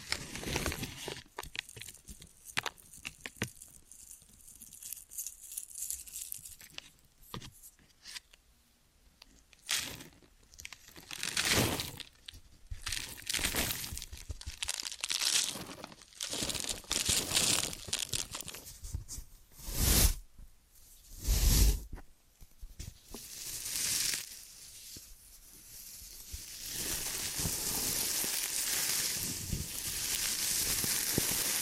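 Ear and scalp massage and cleaning sounds: crinkly rubbing and scratching in uneven bursts, some short and sharp, others longer strokes. Brief quiet gaps separate them early on, and the last several seconds turn into a steady, bright brushing rustle.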